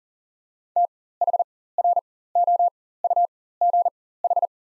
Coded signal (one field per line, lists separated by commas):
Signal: Morse code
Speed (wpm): 40 wpm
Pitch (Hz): 700 Hz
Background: none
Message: THROUGH